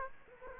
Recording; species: mosquito wingbeat signal from an infrared sensor; Aedes aegypti